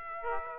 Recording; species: mosquito wingbeat signal from an infrared sensor; Aedes aegypti